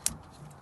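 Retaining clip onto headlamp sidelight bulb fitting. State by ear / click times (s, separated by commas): seated / 0.1 s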